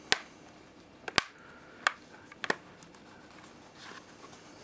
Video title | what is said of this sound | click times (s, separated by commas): Nextbook 10.1 - Removing the back | you'll hear it snap back into place and I | 0.1 s, 1.2 s, 1.9 s